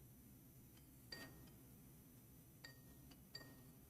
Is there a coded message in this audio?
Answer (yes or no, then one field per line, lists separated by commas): no